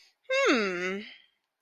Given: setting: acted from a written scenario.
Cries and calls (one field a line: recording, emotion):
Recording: vocal sound without words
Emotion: interest